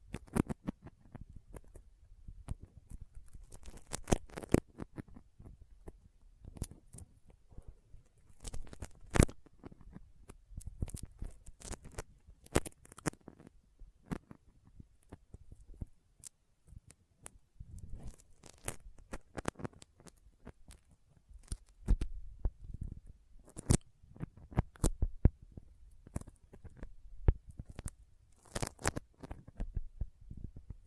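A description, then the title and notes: Sticky finger sounds: a dense run of short tacky clicks and pops, each a sharp snap that reaches up into the high range. They come in irregular bursts and clusters throughout, with brief quieter gaps, over a soft low rumble. ASMR Intense Sticky Finger Sounds (No Talking).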